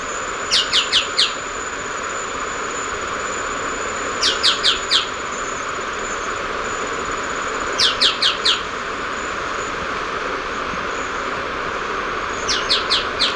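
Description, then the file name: Choco Tapaculo call: short bursts of four sharp descending notes, each burst repeated about every four seconds over a steady hiss and a faint high constant tone. "Scytalopus chocoensis - Choco Tapaculo"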